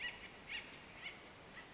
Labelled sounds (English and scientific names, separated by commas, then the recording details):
Acorn Woodpecker (Melanerpes formicivorus)
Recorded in Sonoma County, California